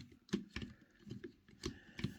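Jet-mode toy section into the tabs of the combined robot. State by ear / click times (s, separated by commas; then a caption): not seated / none. The plastic jet-mode section of a Transformers Haslab Victory Saber toy is being handled, its slots fitted onto the tabs of the combined robot. Brief, soft plastic taps and rubs sound at about 0.3, 0.6, 1.1, 1.2, 1.6 and 2.0 seconds against a quiet background. Nothing has seated or clicked into place yet.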